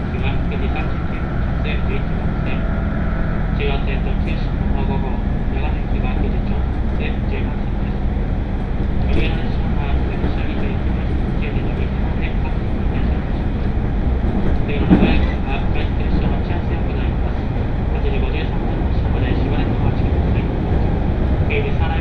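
A train rides along a line, its low rumble steady throughout. Voices murmur faintly inside the car, and scattered clicks and brief brighter ticks from the wheels and fittings come and go, with a sharper knock near the fifteen-second mark.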